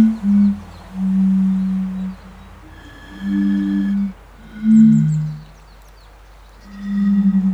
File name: henrik olsson anders dahl bombina bombina